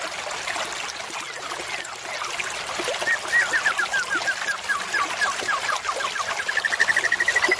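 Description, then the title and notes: White-rumped shama song: a fast rattling series of repeated notes that ends in a rapid, steady, rising trill, over a continuous hiss. Murai batu used as a lure (pikat) call, described as an effective lure with a strong voice. "MB Pikat Jitu.. Suara Mantap. murai batu"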